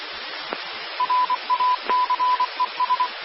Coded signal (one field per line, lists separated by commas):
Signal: Morse code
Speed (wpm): 24 wpm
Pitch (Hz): 1000 Hz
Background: radio noise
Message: RACES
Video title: 2014-04-04 - K5FTW 146.940 Mhz Tarrant County RACES/ARES